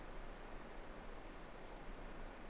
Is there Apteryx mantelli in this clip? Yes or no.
no